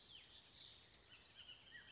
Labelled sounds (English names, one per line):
Bullock's Oriole